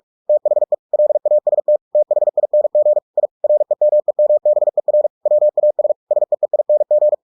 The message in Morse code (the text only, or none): THE LAST THING I REMEMBER WAS SEEING